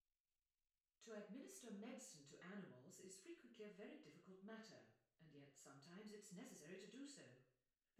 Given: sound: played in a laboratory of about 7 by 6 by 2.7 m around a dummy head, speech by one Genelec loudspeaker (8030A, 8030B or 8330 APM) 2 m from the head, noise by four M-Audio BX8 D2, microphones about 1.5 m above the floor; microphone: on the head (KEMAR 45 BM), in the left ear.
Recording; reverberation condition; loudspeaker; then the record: female speech in English; medium; 60 degrees to the right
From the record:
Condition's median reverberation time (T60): about 510 ms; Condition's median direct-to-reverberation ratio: about -0.5 dB